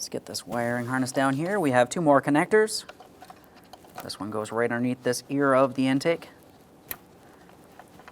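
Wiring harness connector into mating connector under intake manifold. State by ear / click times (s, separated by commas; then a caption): seated / 6.9 s. A wiring harness connector on a 2013–2020 Ford Fusion 2.0L I4 is pushed into its mating connector underneath an ear of the intake manifold while someone talks. A sharp click at 6.9 s marks it seating, surrounded by a few faint ticks. The connector is confirmed seated and is then given a light tug.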